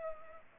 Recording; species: mosquito wingbeat signal from an infrared sensor; Culex pipiens